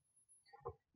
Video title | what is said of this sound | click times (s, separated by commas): Tesla Model S - 12V Battery Installation (Ohmmu) | connects in the front you'll hear it click in place there's | 0.7 s